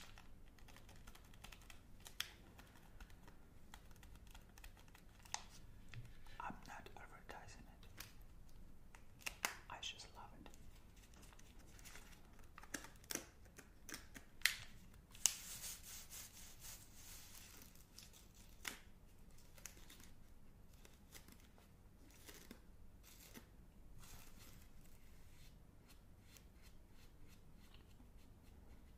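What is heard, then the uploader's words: Crinkling and crackling as an ice cream bar is unwrapped and eaten, with dense, irregular clicks throughout. Brighter bursts of rustle come around six and fifteen seconds, and sharp snaps near fourteen to fifteen seconds suggest bites into the chocolate shell. Unwrapping and Eating Magnum Chocolate.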